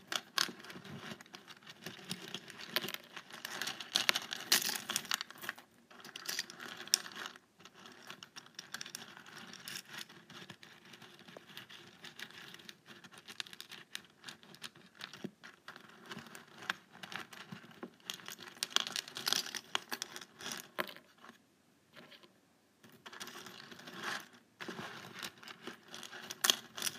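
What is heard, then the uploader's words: A paperclip taps rapidly and unevenly on a table, a dense patter of small bright clicks that runs almost without pause. The tapping drops out briefly near 6, 7.5 and 21 seconds and around 24, then resumes at a similar busy pace. ASMR Tapping a Paperclip on my Table.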